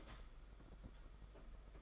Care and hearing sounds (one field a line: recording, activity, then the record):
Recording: daily activity, microphone in the room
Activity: start toaster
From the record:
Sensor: 5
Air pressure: 991.8 hPa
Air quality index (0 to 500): 167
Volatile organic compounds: 410 ppm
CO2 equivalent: 4688 ppm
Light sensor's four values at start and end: 33/109/41/43 and 32/109/41/43